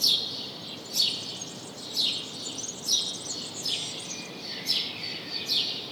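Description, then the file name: House sparrow giving sharp chirps about once a second, each a quick bright note, over a soft background hiss. "Passer domesticus"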